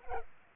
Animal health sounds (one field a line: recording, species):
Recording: mosquito wingbeat signal from an infrared sensor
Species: Culex pipiens